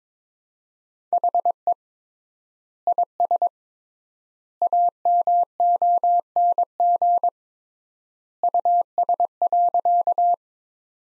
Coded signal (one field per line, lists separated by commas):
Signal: Morse code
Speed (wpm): 22 wpm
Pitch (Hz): 700 Hz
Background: none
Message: HE IS AMONG US.